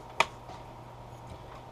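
A plastic screen bezel is pressed by hand onto the display lid edge of a Dell Latitude E6440 laptop, working around the edge. A single sharp, firm click sounds at 0.2 s, followed by quiet with only faint ticks. The bezel clip snaps in and seats.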